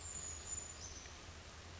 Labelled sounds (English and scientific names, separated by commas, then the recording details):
Brown Creeper (Certhia americana)
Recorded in Sonoma County, California